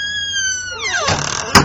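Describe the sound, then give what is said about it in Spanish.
A house door swings shut as a man leaves on a Sunday morning for 7 o'clock mass: a squeaky hinge whines with a falling pitch, a short rush of noise follows, and it ends in one sharp, loud clack as it latches. “va a misa de 7, pero antes se baña, se pone un traje plomo, se peina, usa perfume y cierra la puerta.”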